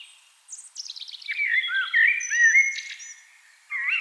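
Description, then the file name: Eurasian blackbird song: a quick descending trill, then mellow warbled phrases near the middle, with thin squeaky notes above, and a fresh phrase starting at the end. "Turdus merula"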